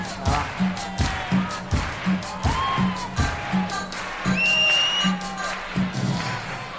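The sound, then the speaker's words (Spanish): A large crowd at a live concert at Luna Park claps hands together in a steady, even rhythm, sharp loud claps about twice a second, with cheering voices and a few whistles rising over a low hum. “Y a poquito empezamos a hacer palmas. Palmas, palmas, palmas.”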